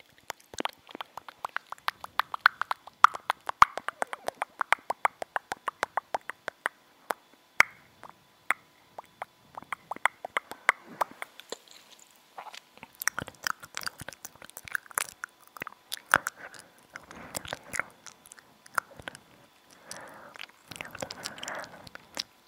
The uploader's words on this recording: Mouth Sounds. Chewing Gum. Rode Mic.